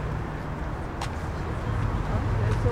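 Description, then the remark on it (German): A small moped engine buzzes past over a steady wash of street traffic in Europa City, its low droning tone holding and then shifting slightly as it goes by. “Moped.”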